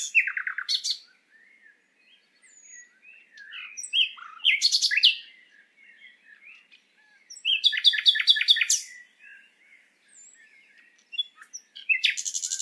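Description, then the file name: Common nightingale delivering varied phrases: fast rattling trills and repeated sharp notes, with softer warbling notes filling the gaps between bursts. "Luscinia megarhynchos"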